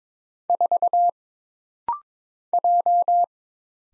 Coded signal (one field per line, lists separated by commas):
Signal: Morse code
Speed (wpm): 22 wpm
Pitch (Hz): 700 Hz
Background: none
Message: 4 J